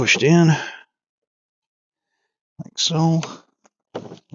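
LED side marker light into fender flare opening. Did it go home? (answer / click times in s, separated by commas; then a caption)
yes / 4.0 s. A new LED side marker light is pressed into its opening in the plastic fender flare of a 2016 Jeep Wrangler while someone talks. A short click is heard at 4.0 s as the light seats in the fender flare.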